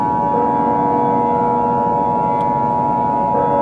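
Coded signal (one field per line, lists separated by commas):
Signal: Emergency Alert System (SAME) tones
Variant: 853 and 960 Hz attention tone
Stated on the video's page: Fictional alert scenario, not a real broadcast.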